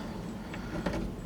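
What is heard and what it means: A shorter mounting screw is driven into the truck camper roof or fan frame while installing a Maxx Air roof vent fan, with a steady low mechanical hum underneath. Two brief sharp hits at 0.5 s and 0.9 s are the screw slipping rather than seating cleanly. The screw strips out.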